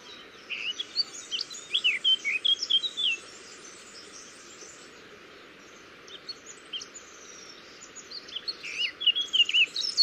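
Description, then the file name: Eurasian blackcap warbling in two bursts, rapid twisting high notes tumbling together, separated by a quieter gap, with steady background noise beneath. "Sylvia atricapilla"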